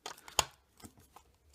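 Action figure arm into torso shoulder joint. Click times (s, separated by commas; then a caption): 0.4 s. A plastic arm of a Marvel Legends Juggernaut build-a-figure is pushed onto the torso's ball joint at the shoulder. Faint crinkling handling and small taps come first, then one loud, sharp snap at 0.4 s as the arm seats, followed by a few quieter clicks and rustles.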